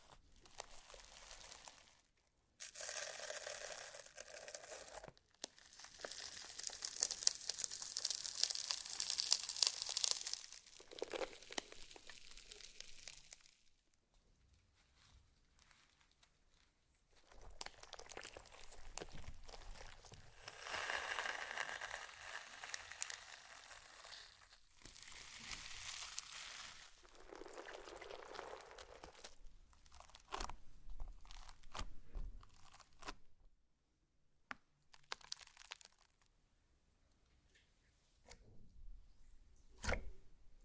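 Slime being handled in bursts of wet, crinkly squelching and crackling, with loud bright stretches around 5–13 seconds and 18–25 seconds. Quieter pauses separate the handling, and the later part brings shorter squishes, small pops and a sharp click near the end.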